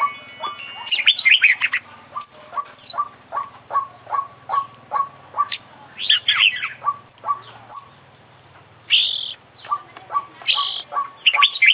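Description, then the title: Oriental magpie-robin singing a long run of clipped notes at a quick, even pace, broken by dense chattering flourishes and brief rasping bursts. Competition kacer, an international champion bird, singing with full, complete isian (song fill-ins); long-duration recording. "KICAU KACER JUARA INTERNASIONAL FULL ISIAN KOMPLIT"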